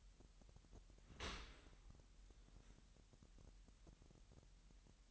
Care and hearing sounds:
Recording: daily activity, microphone in the room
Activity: open dishwasher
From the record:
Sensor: 3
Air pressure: 998.3 hPa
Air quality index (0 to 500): 148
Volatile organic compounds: 5 ppm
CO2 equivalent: 1774 ppm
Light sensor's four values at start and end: 13/39/16/14 and 13/39/16/14

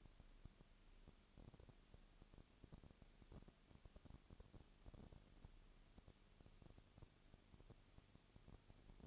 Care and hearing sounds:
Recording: daily activity, microphone in the room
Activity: no activity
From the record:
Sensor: 4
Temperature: 22.3 degrees Celsius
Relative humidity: 32.7%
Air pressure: 1001.9 hPa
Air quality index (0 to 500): 186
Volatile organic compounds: 4 ppm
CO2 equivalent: 1639 ppm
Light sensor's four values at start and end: 2/3/1/1 and 2/3/1/1

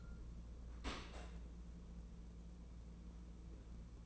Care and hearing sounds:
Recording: daily activity, microphone in the room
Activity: open dishwasher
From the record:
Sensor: 1

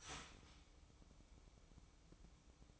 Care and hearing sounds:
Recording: daily activity, microphone in the room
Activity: start toaster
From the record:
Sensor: 1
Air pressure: 1007.2 hPa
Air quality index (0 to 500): 75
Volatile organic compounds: 1 ppm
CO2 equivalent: 659 ppm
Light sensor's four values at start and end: 7/17/7/7 and 7/17/7/7

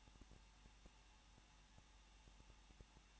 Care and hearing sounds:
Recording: daily activity, microphone in the room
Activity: no activity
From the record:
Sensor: 1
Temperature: 20.1 degrees Celsius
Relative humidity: 39.1%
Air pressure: 1006.5 hPa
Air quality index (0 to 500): 216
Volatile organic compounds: 73 ppm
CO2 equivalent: 3542 ppm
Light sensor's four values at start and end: 1/2/1/1 and 1/2/1/1

